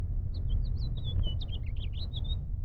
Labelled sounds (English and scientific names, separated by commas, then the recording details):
House Finch (Haemorhous mexicanus) song
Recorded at Lawrence on Long Island, New York, on 4 June 1975
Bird F